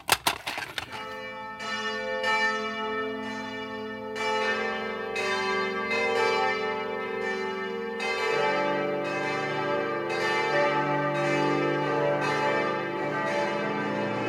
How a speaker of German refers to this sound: Die Glocken der Stuttgarter Stiftskirche läuten zu einem ganz besonderen Gottesdienst, dem großen Leipziger Gottesdienst.